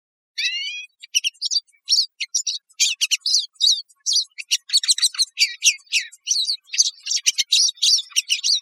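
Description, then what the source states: Pine siskin calling: a few rising, buzzy notes open, followed by a rapid stream of sharp, twittering chips and short buzzes with brief gaps between bursts. Recorded 16 May 2006.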